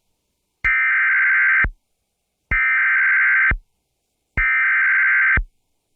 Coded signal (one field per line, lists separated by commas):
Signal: Emergency Alert System (SAME) tones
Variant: header bursts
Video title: EAS Severe Thunderstorm Warning Lexington County, SC WXRY 99.3 FM EASyPLUS Alert